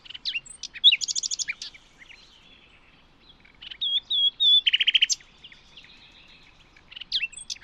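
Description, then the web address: Bird singing varied phrases: sharp chirps, a buzzy high trill, thin whistled slurs and a lower rattling burst, with pauses between phrases. "cianscape birddata Deverinetal 2025 File origin Bird Only Lu Me"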